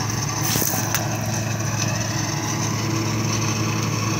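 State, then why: Seated. An external shower hose connector is plugged into the outside water socket on the wall of a 2021 Benimar Tessoro T483 motorhome. Over a steady engine-like hum, a single sharp click sounds at 1.0 s as the connector locks into place, and it stays seated.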